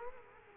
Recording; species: mosquito wingbeat signal from an infrared sensor; Culex quinquefasciatus